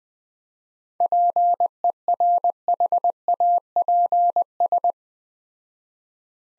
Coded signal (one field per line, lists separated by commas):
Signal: Morse code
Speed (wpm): 20 wpm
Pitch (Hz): 700 Hz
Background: none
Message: PERHAPS